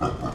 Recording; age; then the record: pig call; growing-finishing pig (85 days or more)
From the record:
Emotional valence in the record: positive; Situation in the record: run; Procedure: transit